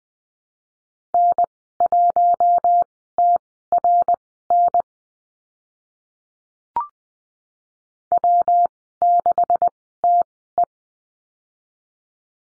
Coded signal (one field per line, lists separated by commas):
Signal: Morse code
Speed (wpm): 20 wpm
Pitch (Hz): 700 Hz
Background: none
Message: N1TRN W6TE